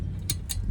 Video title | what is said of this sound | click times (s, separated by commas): How to replace front brakes and rotors on Ford FUSION HYBDRID 2019 | did you hear click okay you hear the click good go on the bottom one | 0.3 s